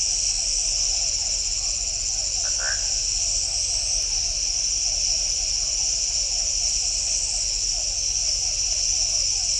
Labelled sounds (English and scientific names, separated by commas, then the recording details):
none
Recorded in shrubland near Pivijay, Magdalena, Colombia, on 1 June 2023 at 23:30
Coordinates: 10.453, -74.365
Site P5-G022